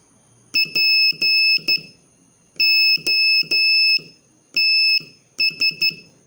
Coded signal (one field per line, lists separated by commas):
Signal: Morse code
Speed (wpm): 12 wpm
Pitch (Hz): 2600 Hz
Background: none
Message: POTS